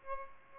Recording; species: mosquito wingbeat signal from an infrared sensor; Aedes aegypti